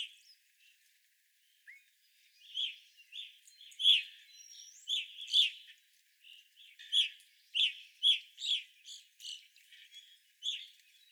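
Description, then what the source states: Evening grosbeak calls, sparse at first, then a run of loud clear chirps from several birds. Evening grosbeaks recorded on 25 April 2021.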